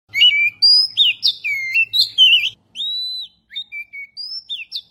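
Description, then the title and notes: Oriental magpie-robin singing a fluent mix of whistled slurs and chirps, then slower, separate clear notes with brief gaps. "Kicau Burung Kacer"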